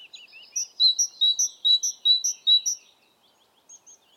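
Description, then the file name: Great tit singing a clear, high two-note phrase repeated about six times in a brisk rhythm, followed by two faint notes. "Parus major"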